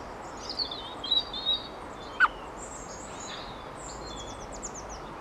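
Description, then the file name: Eurasian blackbird giving a single short, abrupt call note, with thin high whistles and chirps from other birds before and after it. Female. "Turdus merula female"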